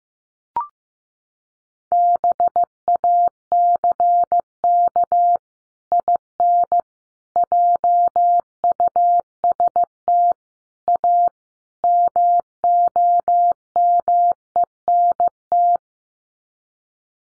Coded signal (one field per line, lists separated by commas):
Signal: Morse code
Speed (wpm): 15 wpm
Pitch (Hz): 700 Hz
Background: none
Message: BACK IN JUST A MOMENT